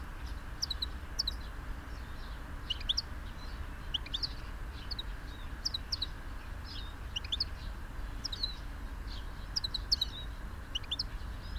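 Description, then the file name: European goldfinch calls: short, high, clipped chirps in small clusters at intervals, over a low, rushing background noise. "Carduelis carduelis"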